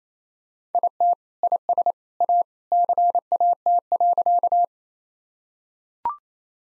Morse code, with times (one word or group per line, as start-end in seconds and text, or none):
0.7-1.1 IT
1.4-1.9 IS
2.2-2.4 A
2.7-4.6 CAT.